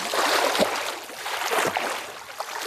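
Steady watery splashing and churning as someone swims a few metres of front crawl, with sharper splashes breaking through at roughly regular intervals as the arms slap the surface. No voices.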